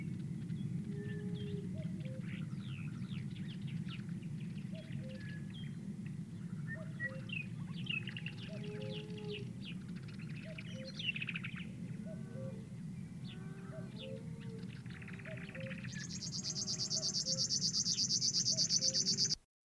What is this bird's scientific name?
Cuculus canorus